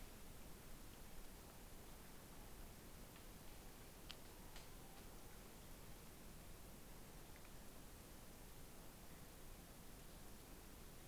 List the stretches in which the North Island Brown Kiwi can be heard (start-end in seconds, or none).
none